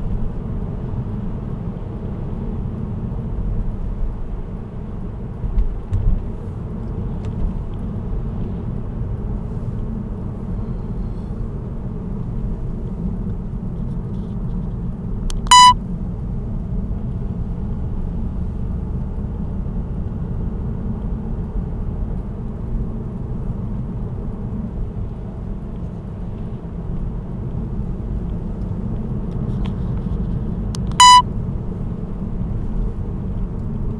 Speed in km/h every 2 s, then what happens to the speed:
65, 65, 69, 67, 65, 63, 61, 57, 55, 54, 57, 56, 59, 65, 66, 65, 65.
0-5 steady at about 65. 5-17 slows to 54. 17-23 steady at about 56. 23-26 speeds up to 65. 26-34 steady at about 65.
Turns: none.